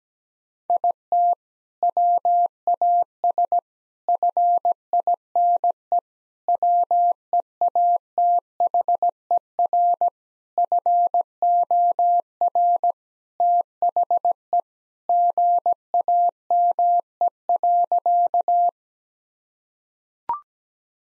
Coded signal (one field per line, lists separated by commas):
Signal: Morse code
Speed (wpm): 17 wpm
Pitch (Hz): 700 Hz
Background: none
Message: IT WAS FINE WEATHER FOR THE GAME.